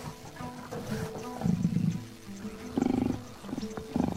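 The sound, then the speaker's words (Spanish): A jaguar (yaguareté) roars as it pounces, in several loud, rumbling bursts, each a deep, throaty growl swelling and fading, with short pauses between them and no talking. “Jackie y Ari quedaron paralizadas de horror y la fiera se abalanzaba sobre ellas.”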